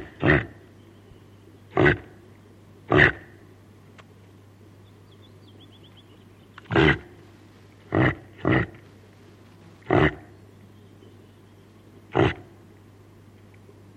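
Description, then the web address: Reindeer grunts, eight short hoarse calls at uneven intervals, with a faint low hum throughout. Female reindeer (caribou) calling her calf. "sonidos del reno caribu la hembra del reno llama a su cria"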